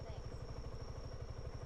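A phone with a Quad Lock twist-lock mount adapter is being handled at the phone holder on a motorbike's handlebar, not yet pressed home. A steady, pulsing low rumble like an idling engine fills the clip, with a faint constant high tone and no sharp hit. Nothing has seated or clicked yet.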